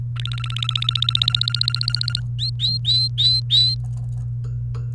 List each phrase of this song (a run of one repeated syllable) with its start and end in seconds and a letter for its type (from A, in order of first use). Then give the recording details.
0.16-2.20 A, 2.39-3.75 B. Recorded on 28 April 2018 at 18:11. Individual llb3